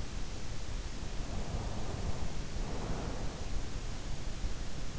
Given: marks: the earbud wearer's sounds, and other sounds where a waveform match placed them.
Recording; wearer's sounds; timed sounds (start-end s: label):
sounds in sleep by an in-ear microphone; breath
1.11-3.64 s: breath